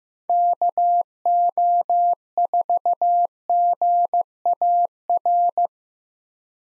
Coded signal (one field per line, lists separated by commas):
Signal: Morse code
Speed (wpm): 15 wpm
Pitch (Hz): 700 Hz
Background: none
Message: KO4GAR